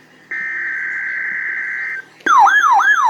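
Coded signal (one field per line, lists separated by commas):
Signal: Emergency Alert System (SAME) tones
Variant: header bursts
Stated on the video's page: Amber Alert for child abduction, relayed by the National Weather Service.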